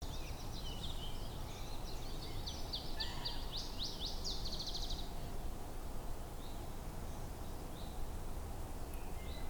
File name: iberischer zilpzalp